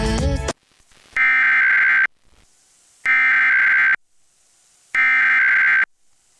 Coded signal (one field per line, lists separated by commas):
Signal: Emergency Alert System (SAME) tones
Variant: header bursts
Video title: WBAP KDSX Extreme Cold Warning Rare EAS